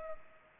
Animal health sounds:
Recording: mosquito wingbeat signal from an infrared sensor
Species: Culex pipiens

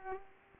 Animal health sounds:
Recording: mosquito wingbeat signal from an infrared sensor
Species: Culex pipiens

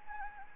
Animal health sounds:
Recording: mosquito wingbeat signal from an infrared sensor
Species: Anopheles gambiae

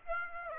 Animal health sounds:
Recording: mosquito wingbeat signal from an infrared sensor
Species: Aedes aegypti

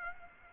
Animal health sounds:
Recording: mosquito wingbeat signal from an infrared sensor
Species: Aedes aegypti

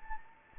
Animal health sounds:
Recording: mosquito wingbeat signal from an infrared sensor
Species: Anopheles gambiae

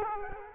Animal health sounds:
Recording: mosquito wingbeat signal from an infrared sensor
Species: Culex quinquefasciatus

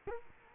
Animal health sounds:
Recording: mosquito wingbeat signal from an infrared sensor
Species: Culex quinquefasciatus

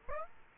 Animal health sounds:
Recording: mosquito wingbeat signal from an infrared sensor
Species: Aedes aegypti

